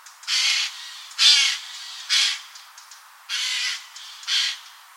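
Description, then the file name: Eurasian jay giving harsh, rasping screeches, five broad noisy bursts about one second apart, with faint softer scratchy notes between them. "Garrulus glandarius"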